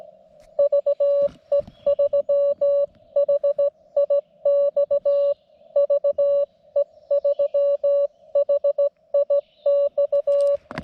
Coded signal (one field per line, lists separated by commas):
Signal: Morse code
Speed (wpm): 18 wpm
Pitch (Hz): 570 Hz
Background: music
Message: VE3HIX VE3HIX